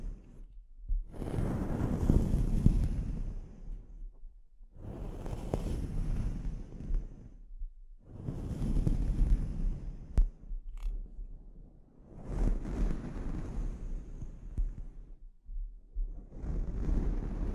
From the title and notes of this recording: ASMR Sleep Inducing Scalp Treatment (No Talking).